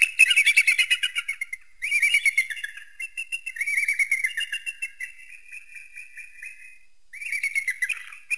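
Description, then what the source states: Eagle giving high, rapid chattering calls in several bursts, each a quick run of sharp piping notes separated by short pauses. Eagle hunting prey.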